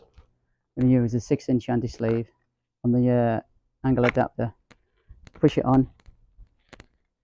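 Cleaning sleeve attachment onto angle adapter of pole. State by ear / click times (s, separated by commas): seated / 6.7 s, 6.8 s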